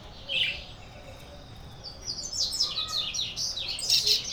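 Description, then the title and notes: Birds chirping in short high bursts over a steady background hiss, the notes growing busier toward the end. Birds singing at a neighbour's house; Brazil, 9 June 2017, 06:00; recorded on a Sony PCM-D50 handheld recorder, stereo. "Pássaros cantando na casa do vizinho, carro passando. Data: 09/06/2017 Horário: 06:00 Som captado por: Hanna Vasconcelos"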